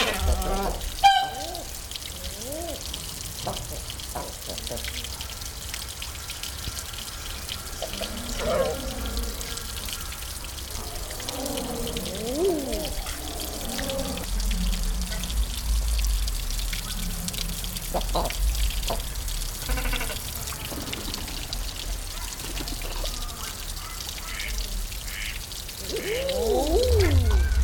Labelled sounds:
Common Eider courtship call

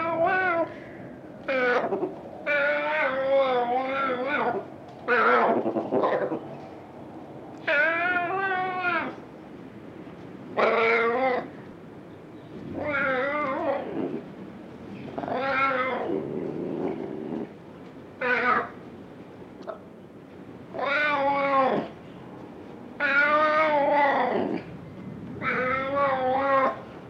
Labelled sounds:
Ocelot

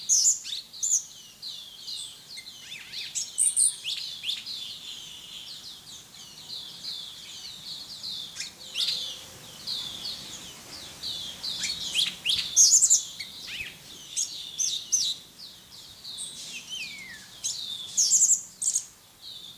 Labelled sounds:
Orange-bellied Leafbird song

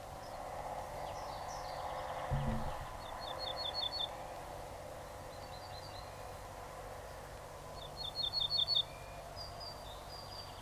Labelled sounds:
Ortolan Bunting song

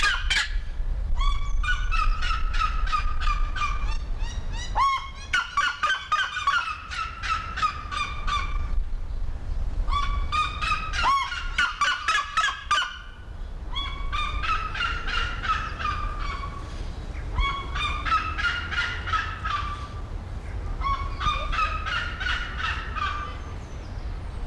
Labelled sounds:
Red-legged Seriema call

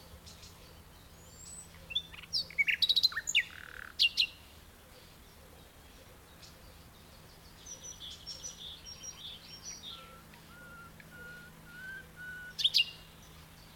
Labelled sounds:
Common Nightingale

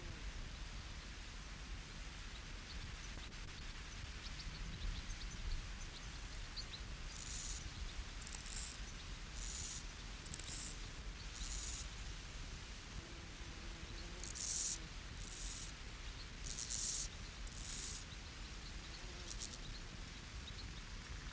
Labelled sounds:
Steppe Grasshopper stridulation

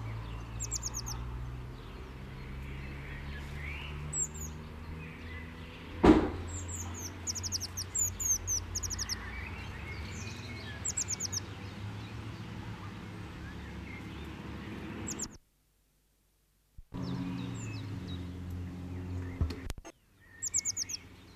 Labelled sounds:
Eurasian Blue Tit song

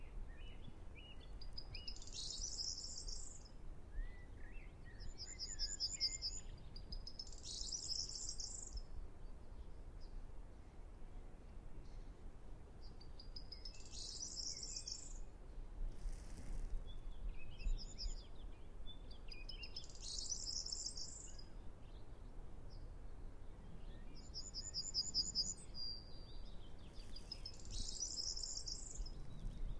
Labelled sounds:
Yellowhammer

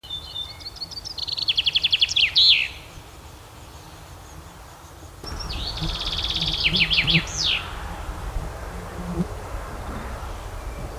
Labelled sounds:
Common Chaffinch song

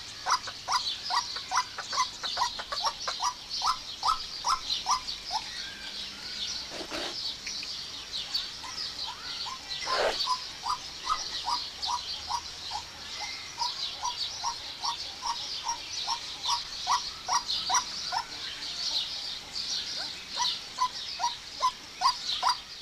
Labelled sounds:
White-breasted Waterhen call

